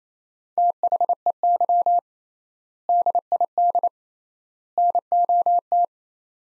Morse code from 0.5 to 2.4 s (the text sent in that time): THEY